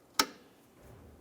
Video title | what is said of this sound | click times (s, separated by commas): How to Replace Hood Lift Support 2012-2017 Toyota Camry | that'll snap and lock into place | 0.2 s